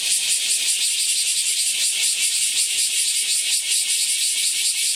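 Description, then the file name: Bear cicada song, a loud, harsh, high buzzing drone throughout, with faint scattered clicks below. "Kumazemi"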